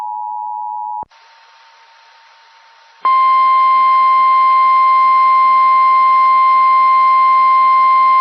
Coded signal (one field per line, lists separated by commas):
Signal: Emergency Alert System (SAME) tones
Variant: 853 and 960 Hz attention tone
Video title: Kentucky wants it... | EAS Alerts from May 16th, 2023 (EAS #2574-2585)